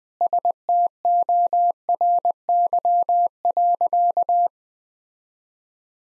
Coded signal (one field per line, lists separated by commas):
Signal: Morse code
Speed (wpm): 20 wpm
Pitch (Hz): 700 Hz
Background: none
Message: STORY.